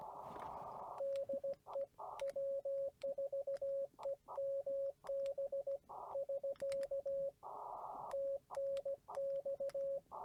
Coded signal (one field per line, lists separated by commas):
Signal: Morse code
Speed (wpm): 16 wpm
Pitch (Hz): 560 Hz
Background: radio noise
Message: DEW4EMB <SK> TNX